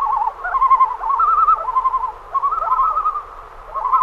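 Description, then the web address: Common loon uttering fast, wavering tremolo phrases, the laughing quaver pausing briefly midway and resuming. "great northern loon"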